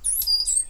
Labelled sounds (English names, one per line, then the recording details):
Stitchbird song
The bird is a male
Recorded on Tiritiri Matangi Island, New Zealand, in 2005
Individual 8, of nest box 10